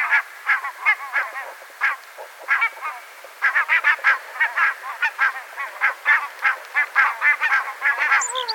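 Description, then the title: Barnacle goose: a dense run of short, yapping barks with a couple of brief pauses. "vogel-der-woche Nonnengans"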